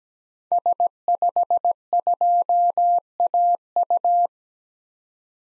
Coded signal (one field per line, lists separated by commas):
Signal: Morse code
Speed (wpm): 17 wpm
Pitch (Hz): 700 Hz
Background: none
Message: S52AU